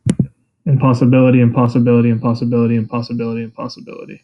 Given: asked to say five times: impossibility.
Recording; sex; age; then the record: repeated word; male; 30 to 39 years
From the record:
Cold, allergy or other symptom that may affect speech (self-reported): no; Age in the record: 30 years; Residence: Texas, United States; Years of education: 18